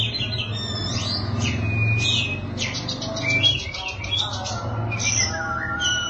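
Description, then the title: Oriental magpie-robin song: high chattering notes and slurred whistles, partly masked by a loud steady low rumble. Kacer song. "Suara Kicauan Burung Kacer"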